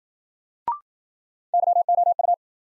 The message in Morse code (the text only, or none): YOU